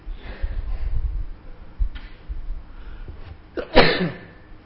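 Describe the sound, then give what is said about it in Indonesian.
A single sharp sneeze bursts out near the end, loud and breathy, after a few seconds of low muffled rumbling and faint shuffling. “Alhamdulillah. Ahdikumullah sifatakum.”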